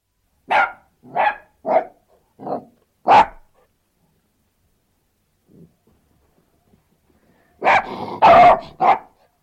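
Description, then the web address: Australian terrier barking: five sharp barks in quick succession, a pause of several seconds, then a loud rapid burst of more barks. An Australian terrier barking outdoors. "australian terrier barking exterior"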